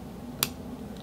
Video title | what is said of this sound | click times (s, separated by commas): IN-DEPTH Review of Replaceable Blade Knives | it locks in and clicks very well very little movement to this one | 0.4 s